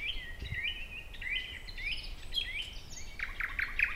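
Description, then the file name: Thrush nightingale: songbird song of repeated upslurred whistles in a short series, ending in a quick burst of harder notes, with light background hiss. "Naktergal"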